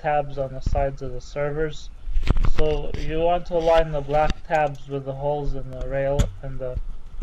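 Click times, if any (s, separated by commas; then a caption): none. Someone talks while an inner rail for a rack-mounted HP server is handled, its holes being lined up with the black tabs on the side of the server chassis, with faint handling noise beneath the voice. Nothing has seated or clicked yet; the clip ends before the rail is pushed back and snaps into place.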